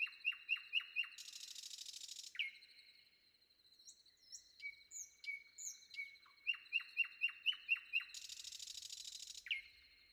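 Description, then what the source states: Common nightingale song: bursts of repeated downslurred notes, loud buzzy rattling trills and sustained pure whistles. Common nightingale singing before dawn.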